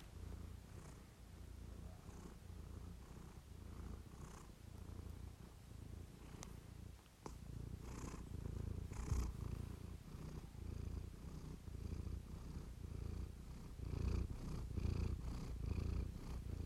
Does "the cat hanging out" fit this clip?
yes